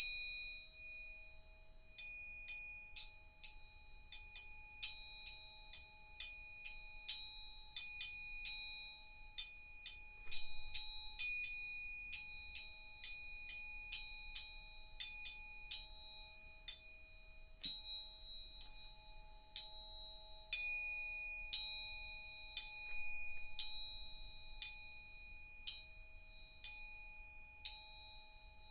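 Three tuning forks are struck again and again, each giving a clear, high, bell-like ring that fades slowly before the next strike. The taps come every second or two, often overlapping into a shimmering chord, against an otherwise silent, close room.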